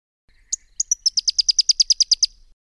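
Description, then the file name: Pyrrhuloxia delivering a rapid series of about fifteen high, bright, downward-slurred notes in otherwise quiet surroundings. "suara-panggilan-burung-pyrrhuloxia-1-omkicau"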